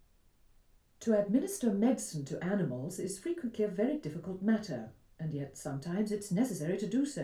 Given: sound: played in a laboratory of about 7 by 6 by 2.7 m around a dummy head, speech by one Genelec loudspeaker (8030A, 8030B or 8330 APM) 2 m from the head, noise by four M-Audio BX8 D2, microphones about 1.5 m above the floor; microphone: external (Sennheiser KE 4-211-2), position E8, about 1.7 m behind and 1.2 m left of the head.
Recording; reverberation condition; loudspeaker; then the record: female speech in English; low; 90 degrees to the left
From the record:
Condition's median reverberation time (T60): about 310 ms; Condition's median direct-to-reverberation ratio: about 3.5 dB